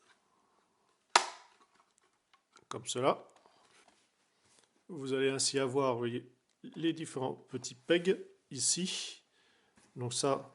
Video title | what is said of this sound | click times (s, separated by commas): Unboxing FR - Playmobil 71087 | ici ça va se clipser | 1.2 s